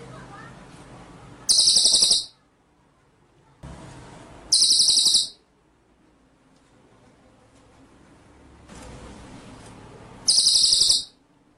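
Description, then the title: White-rumped shama, three short, harsh, buzzing bursts of high, rapid pulses, each under a second, separated by pauses of a few seconds, with faint background hiss. Masteran (training) track for White-rumped shama; full ngerol (rolling song) with nembak style. "Masteran Murai Batu Full Ngerol Nembak"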